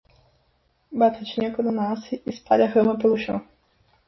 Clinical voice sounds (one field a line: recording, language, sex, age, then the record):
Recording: short text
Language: Brazilian Portuguese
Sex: female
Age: 20 to 29 years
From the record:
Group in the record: control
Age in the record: 27 years